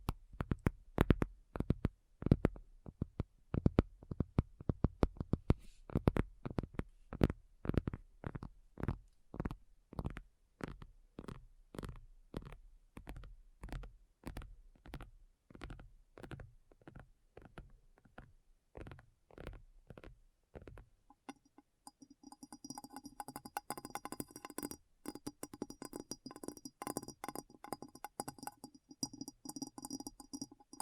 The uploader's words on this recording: ASMR Addictive Tapping. (No Talking).